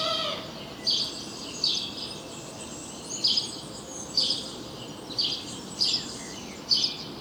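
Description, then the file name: House sparrow giving brief, clipped chirps at irregular intervals, with a steady background hiss behind them. "Passer domesticus"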